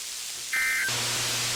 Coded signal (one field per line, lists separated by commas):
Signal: Emergency Alert System (SAME) tones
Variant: end-of-message bursts